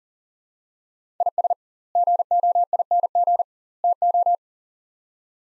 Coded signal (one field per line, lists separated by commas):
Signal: Morse code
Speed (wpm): 40 wpm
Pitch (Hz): 700 Hz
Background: none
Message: IS GOING TO